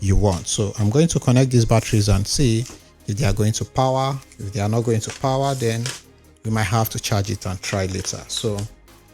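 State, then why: Not seated. A battery pack is being handled at the battery mount on the back of an LED video light while someone talks, but nothing has seated or clicked yet. Near the end comes a brief, faint sound.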